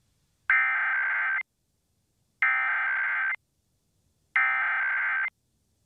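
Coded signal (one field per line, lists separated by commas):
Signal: Emergency Alert System (SAME) tones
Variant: header bursts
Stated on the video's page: Required Monthly Test on an Oklahoma City television subchannel, recorded with a Tablo Quad.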